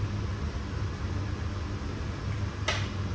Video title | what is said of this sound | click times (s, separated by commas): Locksmith Life - Yale 5 Lever Mortice Deadlock in a tanning salon | normally when it's done that's if I back the pickup a little bit you should hear a click | 2.7 s